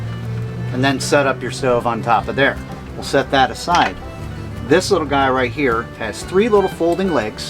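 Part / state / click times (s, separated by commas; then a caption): folding leg on a camp stove canister stand / not seated / none. Someone talks while handling the canister stand of a Camp Chef Stryker 200 cold-weather camp stove, which has three small folding legs. One of the legs is about to be swung open to lock in place, but nothing has seated or clicked yet.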